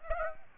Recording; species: mosquito wingbeat signal from an infrared sensor; Aedes aegypti